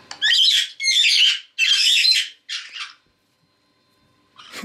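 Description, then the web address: Caique giving a run of loud, harsh, buzzy squawks in close succession, about four calls, then a pause and another starting at the end. Red-headed caique getting carried away while playing. "ryzhegolovyj razygralsya. parrots pionites"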